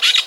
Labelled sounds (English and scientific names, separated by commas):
Brown-throated Parakeet (Eupsittula pertinax) contact call